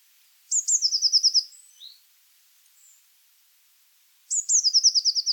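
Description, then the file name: Eurasian blue tit singing two high trilled phrases about four seconds apart, each opening with thin sharp notes, with a few faint soft notes between. "Cyanistes caeruleus"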